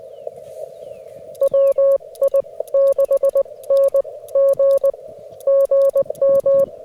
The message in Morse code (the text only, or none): WI 6 N G GM